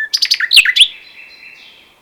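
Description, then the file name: Common nightingale song: a brief burst of quick, varied chirping notes with sharp slurs, fading away within a second. "Luscinia megarhynchos"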